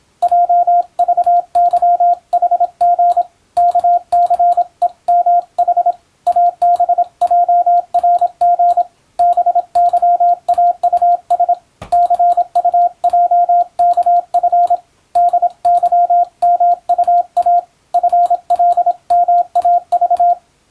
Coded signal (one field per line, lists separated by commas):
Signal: Morse code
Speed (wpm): 26 wpm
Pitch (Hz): 700 Hz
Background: radio noise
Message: JVYHG KCEMH ABJRG BYAUS CUJKF DYMUA FLMAV